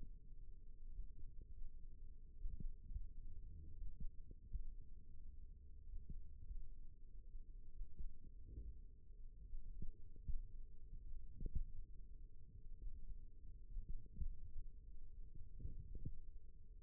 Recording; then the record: forearm muscle sounds (acoustic myography)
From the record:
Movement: finger pinch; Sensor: system 1, eight BSWA MPA416 microphones around the upper forearm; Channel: 2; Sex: female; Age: 21 years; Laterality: right